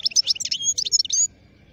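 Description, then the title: European goldfinch song, a quick string of high tinkling twitters and thin whistled notes ending abruptly after little more than a second. Wild goldfinch; the Arabic title calls its song among the most beautiful. "اجمل غناءالحسون الخلويchant chardonneret sauvage"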